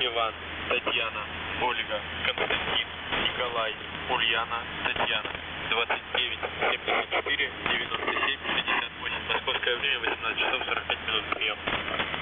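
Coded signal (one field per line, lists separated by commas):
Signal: coded military voice message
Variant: Russian, The Pip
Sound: a Russian voice reads a callsign name followed by groups of numbers over radio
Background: radio static, low hum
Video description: "The Pip" is a Russian military radiostation that broadcasts on 5448 kHz at daytime and 3756 kHz at nighttime.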